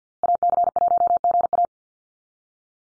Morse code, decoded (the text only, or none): AC1GA